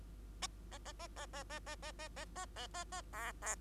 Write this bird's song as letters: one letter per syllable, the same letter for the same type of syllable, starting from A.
A A A A A A A A A A A A A A B B